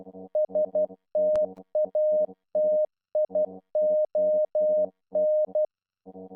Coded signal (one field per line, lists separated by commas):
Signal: Morse code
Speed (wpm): 12 wpm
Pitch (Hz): 610 Hz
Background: music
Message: STATION